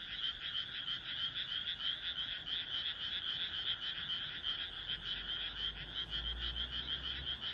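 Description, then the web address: Crowd of frogs calling, fast rattling croaks merging into a steady pulsing chorus, with a soft low rumble near the end. "kaeru kaeru"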